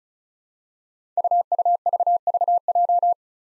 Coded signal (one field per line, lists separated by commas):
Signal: Morse code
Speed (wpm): 36 wpm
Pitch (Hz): 700 Hz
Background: none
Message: UUVVJ